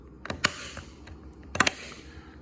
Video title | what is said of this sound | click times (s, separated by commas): Teltonika SAS GH5200 Personal Tracker Unboxing | It clicks into place | 0.4 s, 1.6 s